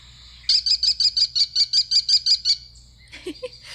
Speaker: So that's the call of an American kestrel.